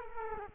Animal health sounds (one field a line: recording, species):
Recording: mosquito wingbeat signal from an infrared sensor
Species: Culex quinquefasciatus